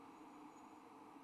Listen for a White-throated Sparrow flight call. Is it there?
no